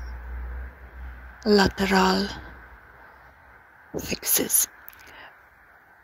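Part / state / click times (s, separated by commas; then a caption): lateral fixing clip holding the inner glass pane in an oven door / released / 4.9 s. A side fixing clip that holds the inner glass pane of an oven door is slid downwards to unlock it while someone talks. A sharp, short click is heard at 4.9 s, and the fixing is released.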